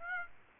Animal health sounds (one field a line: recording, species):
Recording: mosquito wingbeat signal from an infrared sensor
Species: Aedes aegypti